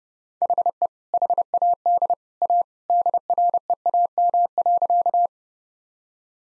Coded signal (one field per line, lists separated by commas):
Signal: Morse code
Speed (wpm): 30 wpm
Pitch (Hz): 700 Hz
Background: none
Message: HE HAD A DREAM.